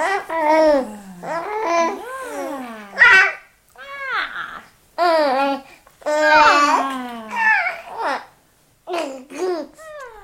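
A baby babbles in bursts of high, sing-song syllables, breaking into little squealing cries with rising and falling pitch, pausing briefly between phrases.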